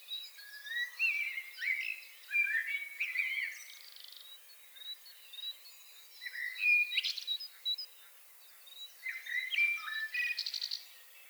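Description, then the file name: Common blackbird song: a steady run of melodious whistled phrases with high, scratchy flourishes, barely pausing between them. "Turdus merula"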